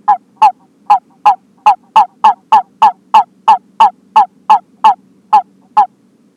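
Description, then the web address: California toad call: a continuous series of short, clipped mid-pitched notes, about three per second, with a faint low hum beneath. Subspecies halophilus. "a b halophilus"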